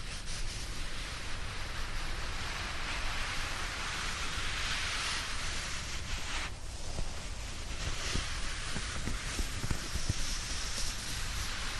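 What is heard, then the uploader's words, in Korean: A dry blanket rustles in a steady, dense swish of crisp fabric that barely lets up. The hissy texture shifts slowly as the cloth moves, with a few sharper crinkles and taps after the eighth second over a soft low rumble. 스르륵 이불 소리. 잘 말린 이불 속에서 사각사각.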